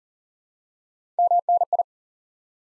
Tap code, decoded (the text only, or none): none